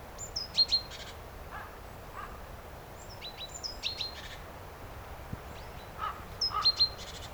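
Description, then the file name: Great tit calls: a thin high whistled note followed by harsh buzzy churring notes, repeated about every three seconds, with fainter lower calls in between over steady background hiss. "Parus major"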